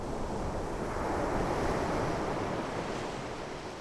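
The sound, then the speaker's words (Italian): Steady roar of sea waves washing onto a beach in Dubai, a broad continuous wash of surf with gentle swells in loudness and a faint wind rumble underneath, no voices. “Guardano il mare, con lo sguardo perso all'orizzonte.”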